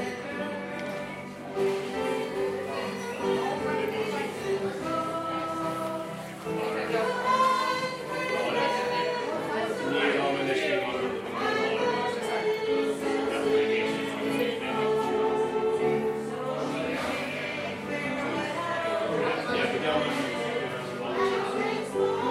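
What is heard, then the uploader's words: A group sing-along in an Irish pub, with several voices carrying a melody together in long held notes and sliding phrases. The singing is steady and full throughout, with a steady loudness and a pause-free flow of verses over a murmur of crowd voices. Irish Sing Along at Tigh Ruairi, Inis Oirr, Ireland.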